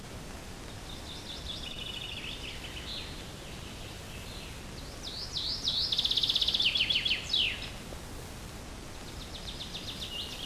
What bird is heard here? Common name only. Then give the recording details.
Common Chaffinch. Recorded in the wild. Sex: male. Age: adult. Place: Altenbeken, Eggegebirge, Nordrhein-Westfalen, DE. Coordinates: 51.7833, 8.96667. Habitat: mountain ridge. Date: 1966-06-17. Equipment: Uher 4000 Report-S, Bändchenmikro Beyer M 260, Parabolspiegel Polyester (470 mm). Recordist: Conrads, Klaus. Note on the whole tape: Egge-Kamm bei Altenbeken, nahe Schwarzes Kreuz. Männchen: Gesang